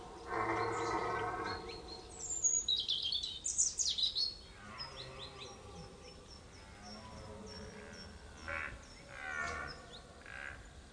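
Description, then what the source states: Red deer roar: a deep, harsh, drawn-out bellow lasting over a second, followed by scattered high chirping birdsong. Stag belling during the rut; by Jean-Marc Lhotel.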